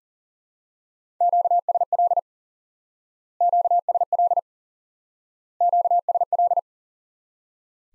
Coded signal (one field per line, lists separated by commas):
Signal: Morse code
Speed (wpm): 39 wpm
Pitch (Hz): 700 Hz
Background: none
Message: QSL QSL QSL